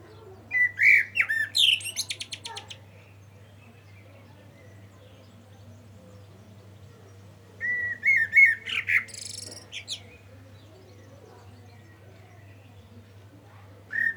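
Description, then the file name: Common blackbird singing mellow low whistles that break into a rapid buzzy, rattling twitter. Two phrases are separated by a long quiet pause, and a third phrase begins at the very end. "Turdus merula"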